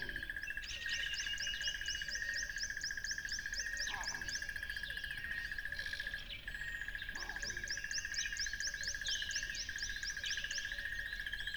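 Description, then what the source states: Cricket trill pulses on steadily, briefly dropping out near six seconds, while a bird repeats quick descending notes in long runs and other birds call. Crickets recorded beside a lively tropical river.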